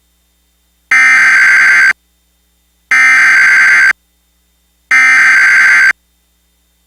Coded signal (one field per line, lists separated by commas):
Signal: Emergency Alert System (SAME) tones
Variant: header bursts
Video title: (VALID TONES) EAS Recreation Mock - Wichita Tornado Emergency (04/14/2012)